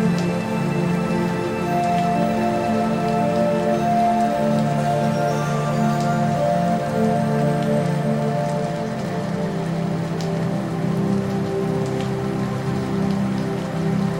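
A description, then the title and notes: Steady rain patters densely and evenly, with fine drops across the whole clip. Beneath it, soft music holds long, warm low chords with gentle higher tones drifting above. Loudness stays level throughout, with no sudden events. Rain Sounds & Relaxing Music. Gentle raindrops fall like ethereal tears from the heavens, caressing the lush landscapes with tender grace.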